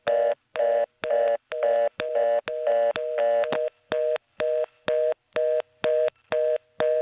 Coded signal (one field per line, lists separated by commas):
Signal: telephone call progress tone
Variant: North America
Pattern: reorder tone